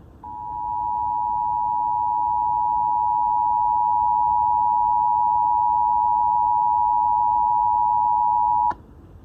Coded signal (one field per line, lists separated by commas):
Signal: Emergency Alert System (SAME) tones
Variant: 853 and 960 Hz attention tone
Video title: EAS 44 - Washington DC EAS Test